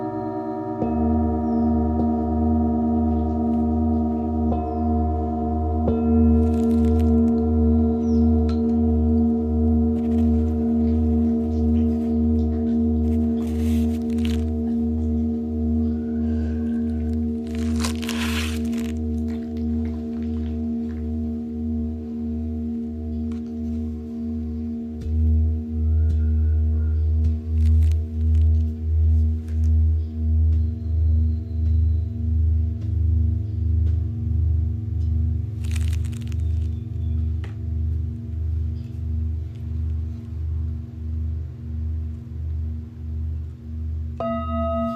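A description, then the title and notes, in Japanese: Singing bowls ring in a sustained, layered drone for the full 45 seconds, with deep tones pulsing in a steady slow wobble beneath brighter held overtones. Around 25 seconds the low hum swells louder, and a few brief clicks and taps occur throughout. メキシコから シンギングボウルのサウンドヒーリング ライブ。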